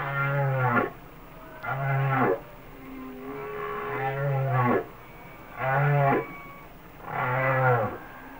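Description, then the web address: Humpback whale calls: deep, buzzy grunting moans repeated about every one and a half seconds, each with rich harmonics. "Natures Songs Whale Songs Sounds of Nature - Humpback Whales"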